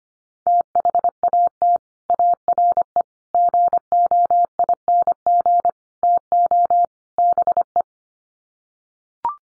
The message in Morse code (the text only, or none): THAT ARE GOING TO BE